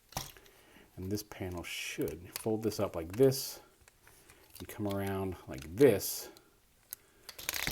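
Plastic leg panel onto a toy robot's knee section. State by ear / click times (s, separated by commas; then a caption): seated / 6.9 s, 7.5 s. A plastic leg panel on a transforming toy robot is folded up and around, then pressed over the knee section while someone talks. Soft handling noises run under the speech, then sharp clicks at 6.9 s and 7.5 s mark the panel snapping over the tab and seating in place.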